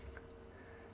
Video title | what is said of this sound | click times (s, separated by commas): 能接受价格这就是神作，变形金刚 NA 大力金刚 | This is the same beige piece that I just turned over The clasp snaps in here | 0.2 s